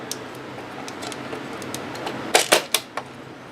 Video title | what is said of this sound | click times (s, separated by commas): StuG III For Sale | clicks right into place and now you're ready to go | 2.8 s